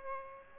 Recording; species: mosquito wingbeat signal from an infrared sensor; Aedes aegypti